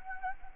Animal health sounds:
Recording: mosquito wingbeat signal from an infrared sensor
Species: Anopheles gambiae

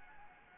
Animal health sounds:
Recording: mosquito wingbeat signal from an infrared sensor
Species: Anopheles gambiae

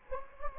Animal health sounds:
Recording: mosquito wingbeat signal from an infrared sensor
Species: Anopheles gambiae

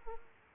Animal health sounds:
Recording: mosquito wingbeat signal from an infrared sensor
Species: Aedes aegypti

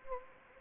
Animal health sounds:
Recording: mosquito wingbeat signal from an infrared sensor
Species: Anopheles gambiae

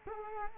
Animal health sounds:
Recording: mosquito wingbeat signal from an infrared sensor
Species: Culex quinquefasciatus

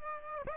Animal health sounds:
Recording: mosquito wingbeat signal from an infrared sensor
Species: Aedes aegypti

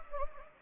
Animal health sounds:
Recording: mosquito wingbeat signal from an infrared sensor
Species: Anopheles gambiae

